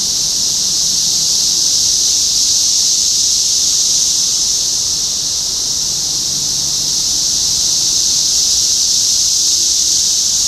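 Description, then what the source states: Cicadas in chorus, a dense, steady, high-pitched buzzing drone that holds level throughout without a break. Several cicadas recorded in Topeka, Kansas, on 14 June 2015.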